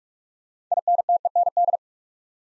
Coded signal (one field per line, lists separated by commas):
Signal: Morse code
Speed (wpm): 44 wpm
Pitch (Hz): 700 Hz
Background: none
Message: INTEND